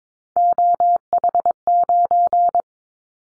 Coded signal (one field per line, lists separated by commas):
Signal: Morse code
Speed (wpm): 22 wpm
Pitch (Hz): 700 Hz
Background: none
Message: OH9